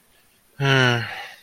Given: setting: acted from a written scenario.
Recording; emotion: vocal sound without words; sympathy